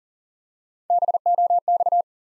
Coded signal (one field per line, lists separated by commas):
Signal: Morse code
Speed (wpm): 41 wpm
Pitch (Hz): 700 Hz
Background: none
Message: BOX